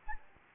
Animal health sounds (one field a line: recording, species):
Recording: mosquito wingbeat signal from an infrared sensor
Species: Anopheles gambiae